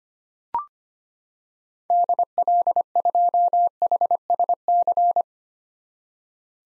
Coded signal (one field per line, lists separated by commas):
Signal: Morse code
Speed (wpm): 25 wpm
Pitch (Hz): 700 Hz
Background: none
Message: DL2HSC